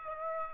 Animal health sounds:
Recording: mosquito wingbeat signal from an infrared sensor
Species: Aedes aegypti

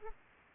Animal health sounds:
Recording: mosquito wingbeat signal from an infrared sensor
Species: Aedes aegypti

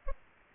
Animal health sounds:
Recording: mosquito wingbeat signal from an infrared sensor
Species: Aedes aegypti

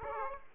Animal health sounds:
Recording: mosquito wingbeat signal from an infrared sensor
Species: Aedes aegypti

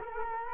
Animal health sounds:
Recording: mosquito wingbeat signal from an infrared sensor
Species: Culex quinquefasciatus

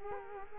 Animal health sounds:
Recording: mosquito wingbeat signal from an infrared sensor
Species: Culex quinquefasciatus

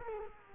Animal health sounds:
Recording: mosquito wingbeat signal from an infrared sensor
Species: Culex quinquefasciatus

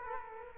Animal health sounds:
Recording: mosquito wingbeat signal from an infrared sensor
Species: Culex quinquefasciatus

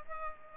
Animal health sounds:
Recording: mosquito wingbeat signal from an infrared sensor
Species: Culex pipiens

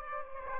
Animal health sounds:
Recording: mosquito wingbeat signal from an infrared sensor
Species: Aedes aegypti

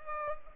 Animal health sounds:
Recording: mosquito wingbeat signal from an infrared sensor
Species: Culex pipiens

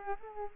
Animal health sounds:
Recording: mosquito wingbeat signal from an infrared sensor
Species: Aedes aegypti

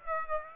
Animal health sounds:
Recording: mosquito wingbeat signal from an infrared sensor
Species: Aedes aegypti

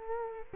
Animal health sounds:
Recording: mosquito wingbeat signal from an infrared sensor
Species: Culex quinquefasciatus

